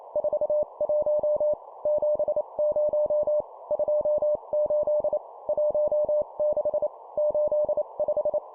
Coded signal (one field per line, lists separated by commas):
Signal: Morse code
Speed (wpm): 28 wpm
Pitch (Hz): 600 Hz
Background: none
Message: 41 70 28 16 85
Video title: 25wpm Two number words, morse code course